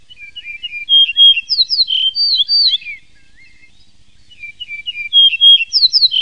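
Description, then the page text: Yellow-breasted bunting giving a sweet whistled phrase of slurred notes, a quiet gap of about a second, then the phrase starts again. "Голоса птиц - Овсянка - дубровник"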